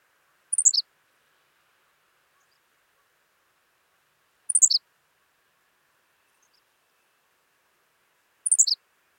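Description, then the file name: Henslow's sparrow singing three short, high, clipped phrases of falling notes, one roughly every four seconds, with a faint hum in the background. "Ammodramus henslowii - Henslow's Sparrow"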